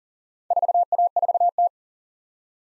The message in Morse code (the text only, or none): 4A4T